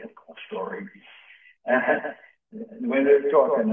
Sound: laughs

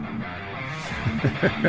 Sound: heavy metal music plays; laughs

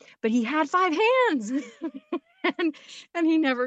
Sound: laughs

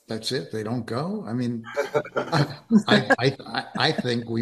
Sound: laughs

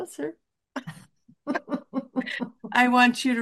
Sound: laughs

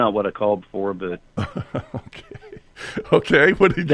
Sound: laughs

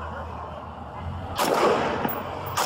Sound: gunshots

